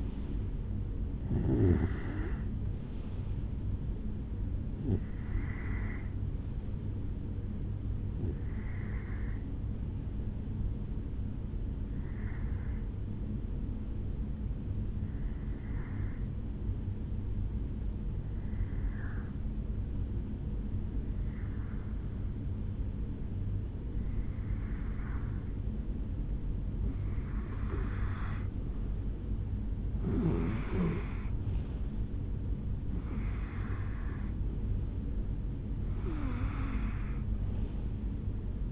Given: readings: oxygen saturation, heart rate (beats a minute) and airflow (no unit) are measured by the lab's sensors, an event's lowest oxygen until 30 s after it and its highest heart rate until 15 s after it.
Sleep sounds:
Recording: breathing in sleep by a smartphone at the bedside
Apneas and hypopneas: 1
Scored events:
12.00-27.80 s: hypopnea (N1, oxygen 96% highest, then 92% lowest, heart rate 65 at the start, 75 highest)
From the record:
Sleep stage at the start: N1 (lightest sleep)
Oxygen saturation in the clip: 91 to 96%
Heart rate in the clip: 65 to 77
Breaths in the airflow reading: 12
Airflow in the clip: -7.8 to 6.2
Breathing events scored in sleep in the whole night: 449 in 7.0 hours asleep

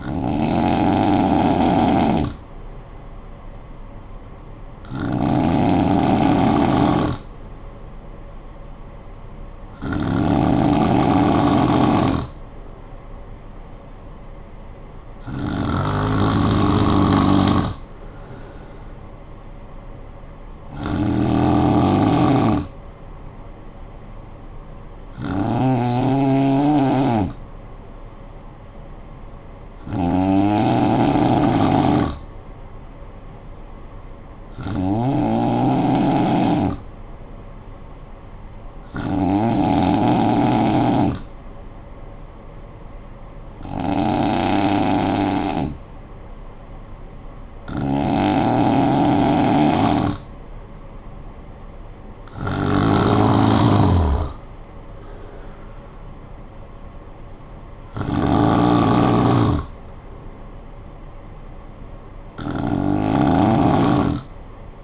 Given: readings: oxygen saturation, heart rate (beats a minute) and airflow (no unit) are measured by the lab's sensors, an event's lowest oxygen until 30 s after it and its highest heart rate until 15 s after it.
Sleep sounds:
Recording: breathing in sleep by a smartphone at the bedside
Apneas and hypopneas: 1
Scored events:
34.00-49.10 s: hypopnea (N2, oxygen 94% highest, then 89% lowest, heart rate 54 at the start, 69 highest)
From the record:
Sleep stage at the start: N2 (light sleep)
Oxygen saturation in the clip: 90 to 94%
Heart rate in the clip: 52 to 69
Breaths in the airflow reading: 14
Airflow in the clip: -11.5 to 7.6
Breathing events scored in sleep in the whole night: 445 in 7.6 hours asleep

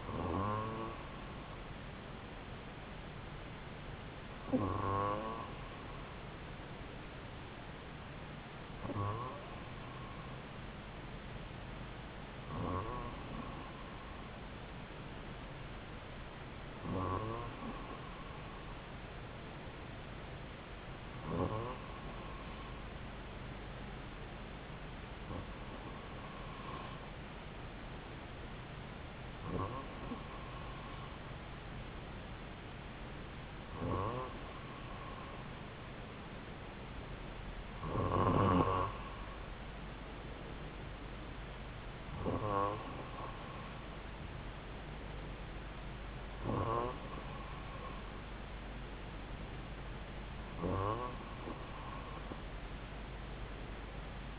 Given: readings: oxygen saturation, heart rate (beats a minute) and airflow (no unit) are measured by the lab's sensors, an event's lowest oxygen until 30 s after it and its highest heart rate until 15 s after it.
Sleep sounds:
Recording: breathing in sleep by a voice recorder at the bedside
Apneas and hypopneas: none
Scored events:
none scored
From the record:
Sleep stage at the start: N2 (light sleep)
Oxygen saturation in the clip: 94 to 96%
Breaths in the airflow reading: 13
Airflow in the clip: -3.0 to 3.3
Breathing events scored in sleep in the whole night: 270 in 6.1 hours asleep

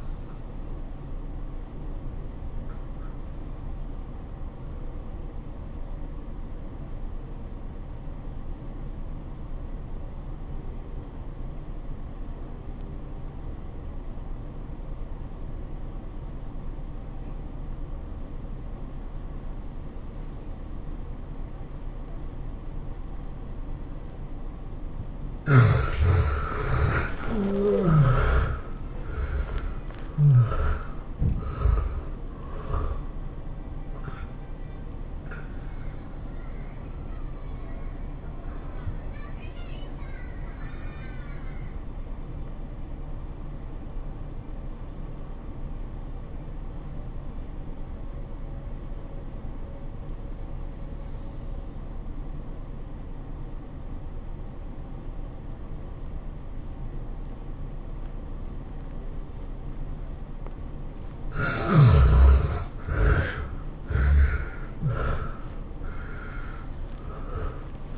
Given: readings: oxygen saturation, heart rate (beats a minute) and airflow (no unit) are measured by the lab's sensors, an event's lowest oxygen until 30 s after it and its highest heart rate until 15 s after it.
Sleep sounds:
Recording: breathing in sleep by a smartphone at the bedside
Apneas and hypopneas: 2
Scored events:
5.00-24.30 s: obstructive apnea (N2, oxygen 94% highest, then 72% lowest, heart rate 91 at the start, 107 highest)
37.00-62.80 s: obstructive apnea (N2, oxygen 90% highest, then 72% lowest, heart rate 101 at the start, 108 highest)
From the record:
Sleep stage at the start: N2 (light sleep)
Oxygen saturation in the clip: 72 to 94%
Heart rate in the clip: 78 to 107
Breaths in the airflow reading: 6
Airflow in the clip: -25.2 to 16.6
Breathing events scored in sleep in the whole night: 403 in 5.5 hours asleep

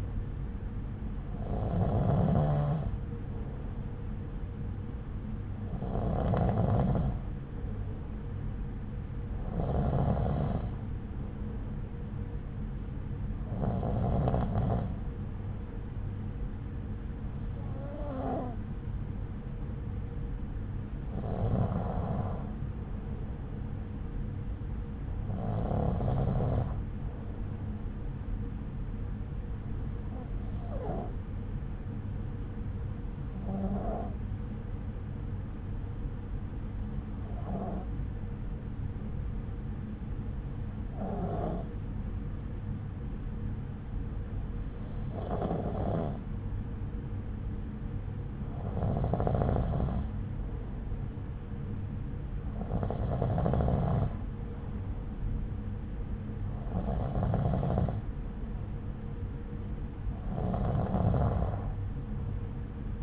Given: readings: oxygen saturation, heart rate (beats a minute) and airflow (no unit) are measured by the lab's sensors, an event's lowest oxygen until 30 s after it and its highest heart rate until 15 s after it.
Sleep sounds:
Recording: breathing in sleep by a smartphone at the bedside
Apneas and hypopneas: none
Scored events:
none scored
From the record:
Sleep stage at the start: N2 (light sleep)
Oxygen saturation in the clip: 94%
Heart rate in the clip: 62 to 67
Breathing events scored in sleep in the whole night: 303 in 8.1 hours asleep

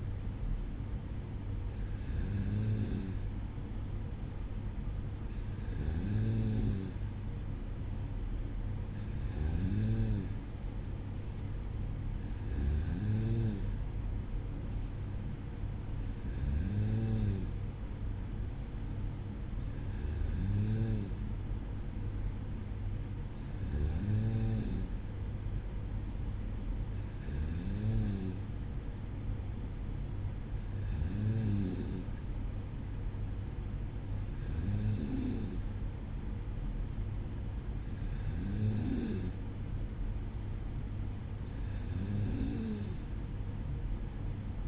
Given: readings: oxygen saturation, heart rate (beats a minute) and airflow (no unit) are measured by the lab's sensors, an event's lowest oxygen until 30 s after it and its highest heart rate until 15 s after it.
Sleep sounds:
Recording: breathing in sleep by a smartphone at the bedside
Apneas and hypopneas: none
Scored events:
none scored
From the record:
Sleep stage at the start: N2 (light sleep)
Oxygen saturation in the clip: 94%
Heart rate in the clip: 54 to 57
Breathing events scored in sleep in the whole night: 305 in 9.6 hours asleep

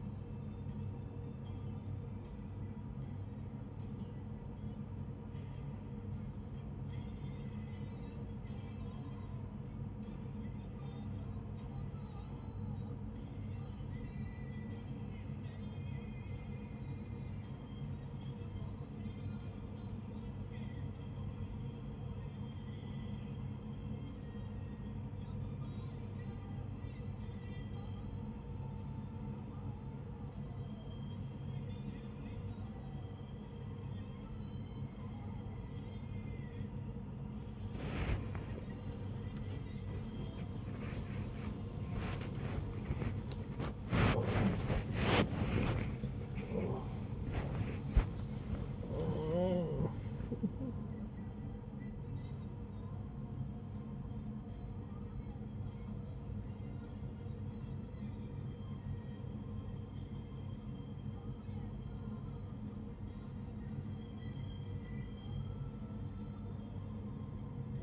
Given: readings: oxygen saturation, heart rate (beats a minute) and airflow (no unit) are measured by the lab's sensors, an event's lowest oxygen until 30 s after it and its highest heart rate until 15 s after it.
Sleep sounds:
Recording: a person awake in a sleep study, by a smartphone at the bedside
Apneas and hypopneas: none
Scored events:
0.00-67.83 s: awake
From the record:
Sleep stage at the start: awake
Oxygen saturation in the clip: 95 to 96%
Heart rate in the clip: 63 to 91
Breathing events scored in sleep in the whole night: 35 in 6.9 hours asleep

